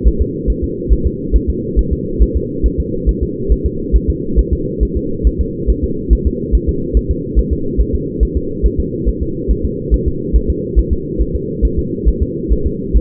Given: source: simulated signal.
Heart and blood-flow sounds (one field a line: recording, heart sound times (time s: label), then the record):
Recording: fetal heart sounds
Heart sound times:
0.08 s: S1
0.22 s: S2
0.50 s: S1
0.64 s: S2
0.93 s: S1
1.06 s: S2
1.36 s: S1
1.50 s: S2
1.79 s: S1
1.93 s: S2
2.22 s: S1
2.37 s: S2
2.66 s: S1
2.80 s: S2
3.09 s: S1
3.23 s: S2
3.52 s: S1
3.66 s: S2
3.96 s: S1
4.10 s: S2
4.39 s: S1
4.53 s: S2
4.83 s: S1
4.97 s: S2
5.27 s: S1
5.41 s: S2
5.70 s: S1
5.84 s: S2
6.13 s: S1
6.27 s: S2
6.55 s: S1
6.69 s: S2
6.97 s: S1
7.11 s: S2
7.39 s: S1
7.53 s: S2
7.81 s: S1
7.95 s: S2
8.23 s: S1
8.37 s: S2
8.66 s: S1
8.80 s: S2
9.09 s: S1
9.22 s: S2
9.51 s: S1
9.65 s: S2
9.94 s: S1
10.08 s: S2
10.36 s: S1
10.50 s: S2
10.79 s: S1
10.93 s: S2
11.22 s: S1
11.35 s: S2
11.65 s: S1
11.79 s: S2
12.08 s: S1
12.22 s: S2
12.53 s: S1
12.66 s: S2
12.97 s: S1
From the record:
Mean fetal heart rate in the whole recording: 140 bpm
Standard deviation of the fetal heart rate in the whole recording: 2 bpm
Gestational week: 34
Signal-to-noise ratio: -6.6 dB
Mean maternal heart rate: 72 bpm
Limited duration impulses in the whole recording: present